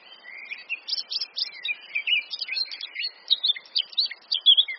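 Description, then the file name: Eurasian blackcap: busy, scratchy warbling with quick slurred notes throughout and a clearer whistled note near the end. "Sylvia atricapilla"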